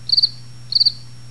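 Cricket chirping, two short trilled bursts of three rapid pulses each, high and bright, over a steady low hum.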